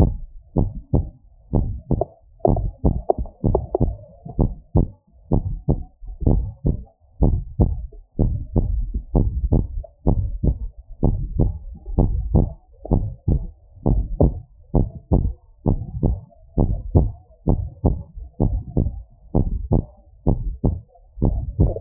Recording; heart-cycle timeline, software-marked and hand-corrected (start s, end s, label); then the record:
heart sounds
0.00	0.13	S2
0.13	0.57	diastole
0.57	0.69	S1
0.69	0.93	systole
0.93	1.05	S2
1.05	1.55	diastole
1.55	1.69	S1
1.69	1.91	systole
1.91	2.01	S2
2.01	2.49	diastole
2.49	2.61	S1
2.61	2.85	systole
2.85	2.97	S2
2.97	3.51	diastole
3.51	3.63	S1
3.63	3.87	systole
3.87	3.97	S2
3.97	4.41	diastole
4.41	4.53	S1
4.53	4.75	systole
4.75	4.87	S2
4.87	5.33	diastole
5.33	5.45	S1
5.45	5.69	systole
5.69	5.79	S2
5.79	6.27	diastole
6.27	6.43	S1
6.43	6.65	systole
6.65	6.75	S2
6.75	7.21	diastole
7.21	7.37	S1
7.37	7.61	systole
7.61	7.75	S2
7.75	8.25	diastole
8.25	8.39	S1
8.39	8.67	systole
8.67	8.79	S2
8.79	9.17	diastole
9.17	9.31	S1
9.31	9.53	systole
9.53	9.65	S2
9.65	10.13	diastole
10.13	10.27	S1
10.27	10.45	systole
10.45	10.57	S2
10.57	11.03	diastole
11.03	11.17	S1
11.17	11.39	systole
11.39	11.53	S2
11.53	11.97	diastole
11.97	12.11	S1
12.11	12.33	systole
12.33	12.47	S2
12.47	12.91	diastole
12.91	13.05	S1
13.05	13.29	systole
13.29	13.43	S2
13.43	13.91	diastole
13.91	14.05	S1
14.05	14.21	systole
14.21	14.33	S2
14.33	14.75	diastole
14.75	14.89	S1
14.89	15.13	systole
15.13	15.23	S2
15.23	15.67	diastole
15.67	15.79	S1
15.79	16.05	systole
16.05	16.17	S2
16.17	16.59	diastole
16.59	16.71	S1
16.71	16.93	systole
16.93	17.09	S2
17.09	17.49	diastole
17.49	17.63	S1
17.63	17.85	systole
17.85	17.97	S2
17.97	18.47	diastole
18.47	18.61	S1
18.61	18.85	systole
18.85	18.95	S2
18.95	19.41	diastole
19.41	19.53	S1
19.53	19.73	systole
19.73	19.83	S2
19.83	20.27	diastole
20.27	20.41	S1
20.41	20.65	systole
20.65	20.77	S2
20.77	21.23	diastole
21.23	21.39	S1
21.39	21.61	systole
21.61	21.73	S2
21.73	21.81	diastole
From the record:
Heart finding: normal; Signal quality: good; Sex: female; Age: 46 years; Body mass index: 25